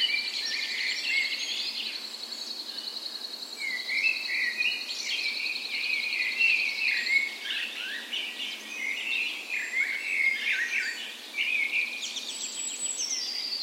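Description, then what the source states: Dawn chorus of birds, a long high buzzy trill running for several seconds, then varied twittering and warbled phrases from other singers. Dawn chorus in a park west in Bergen, Norway, on the morning of 17 May, Norway's National Day, in full spring; Sony PCM A10 recorder with LOM micro Usi microphones as "tree ears".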